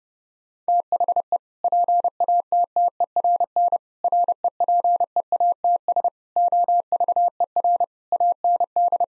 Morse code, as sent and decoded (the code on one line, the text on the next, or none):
- .... . / .--. .- - - . .-. -. / .-. . .--. . .- - ... / --- ...- . .-. / .- -. -..
THE PATTERN REPEATS OVER AND